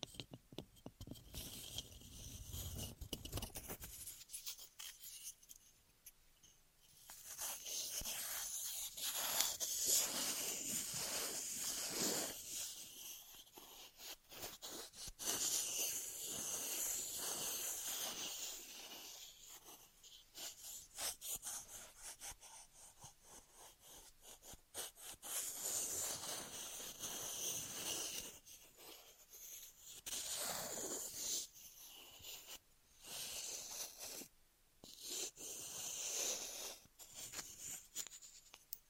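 Ear massage and cleaning sounds: soft, bright rubbing and scratchy hissing that come in long sweeps with brief pauses between them. A low muffled rumble opens the first few seconds, then the rustling texture dominates, swelling and dropping irregularly throughout.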